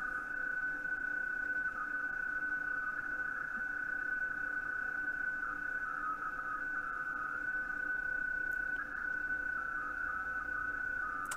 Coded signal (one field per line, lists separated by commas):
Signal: PSK31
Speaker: what else is he saying [Music] so